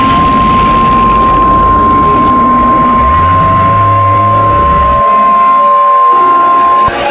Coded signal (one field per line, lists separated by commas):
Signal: Emergency Alert System (SAME) tones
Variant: 1050 Hz attention tone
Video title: EAS SCENARIO GODZILLA